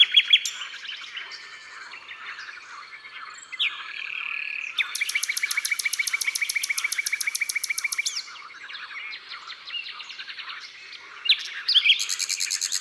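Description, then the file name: Common nightingale song, varied phrases leading into a long, loud, rapid repeated trill lasting several seconds, then rising whistles and further bursts of notes. Drôme, France. "Rossignol philomele Concerts Naturels de la Drome Studio les Trois Becs"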